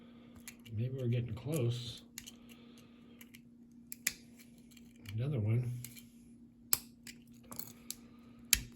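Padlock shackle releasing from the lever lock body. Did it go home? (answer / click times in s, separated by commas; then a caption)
released / 8.5 s. A Union 6-lever padlock is picked with a lever pick and tension tool, giving small scattered metallic ticks while someone talks twice. A sharp click at 8.5 s is the metal shackle releasing and popping open.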